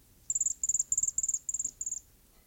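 Cedar Waxwing calls: six very high, thin, lisping trilled bursts in quick succession over about two seconds.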